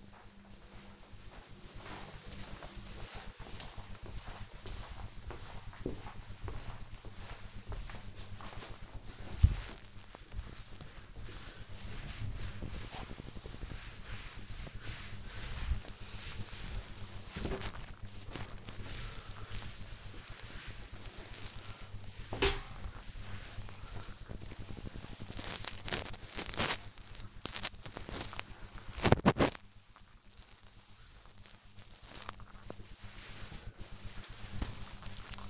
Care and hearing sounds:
household activities, microphone on the right wrist
0.00-35.49 s: cleaning table

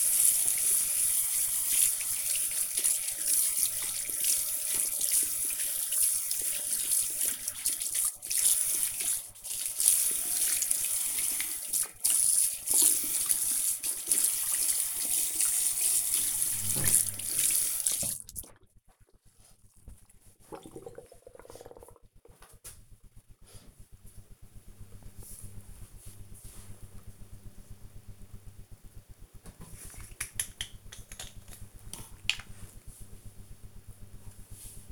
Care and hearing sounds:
household activities, microphone on the right wrist
0.00-20.15 s: washing hands
29.19-34.92 s: cream hands

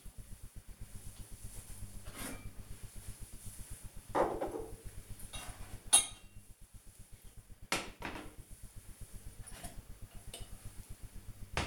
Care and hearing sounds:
household activities, microphone on the right wrist
none

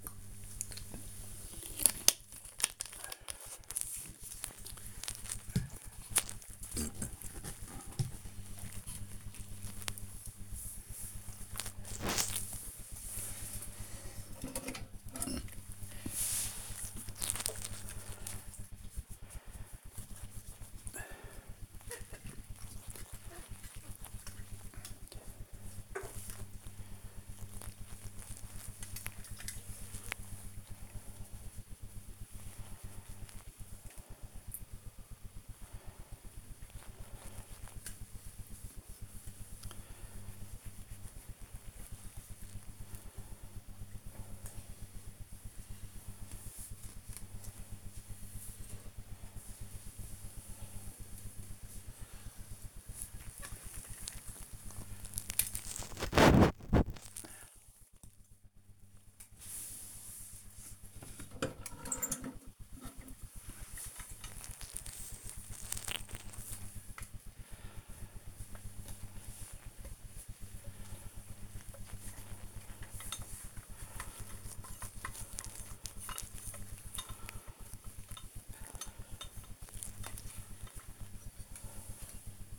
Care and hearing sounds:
household activities, microphone on the right wrist
0.00-1.80 s: drinking
6.82-82.59 s: dusting model cars

